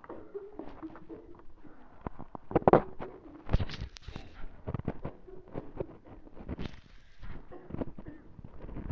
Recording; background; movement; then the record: deep breathing; a bystander coughing; walking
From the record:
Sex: female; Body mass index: 18.8 kg/m2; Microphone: on the chest, facing the body